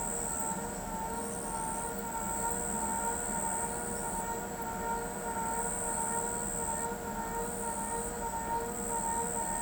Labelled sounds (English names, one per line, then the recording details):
none
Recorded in pastures near Pivijay, Magdalena, Colombia, on 14 April 2023 at 01:00
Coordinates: 10.456, -74.369
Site P6-G026